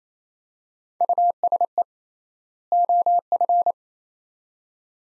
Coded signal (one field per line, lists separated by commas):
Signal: Morse code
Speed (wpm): 28 wpm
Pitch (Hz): 700 Hz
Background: none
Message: USE OF